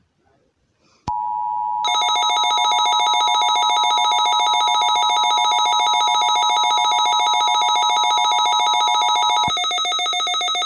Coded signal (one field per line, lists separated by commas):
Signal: Emergency Alert System (SAME) tones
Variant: 853 and 960 Hz attention tone